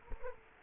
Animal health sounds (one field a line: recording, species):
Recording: mosquito wingbeat signal from an infrared sensor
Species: Culex quinquefasciatus